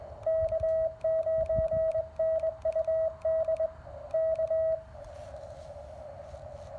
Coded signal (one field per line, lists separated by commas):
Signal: Morse code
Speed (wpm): 22 wpm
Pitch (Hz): 640 Hz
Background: radio noise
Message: K9NUD K